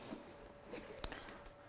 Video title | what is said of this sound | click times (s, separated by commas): Stamping Techniques and Watercolouring | you can hear the snap on it so it's a really lovely box and | 1.0 s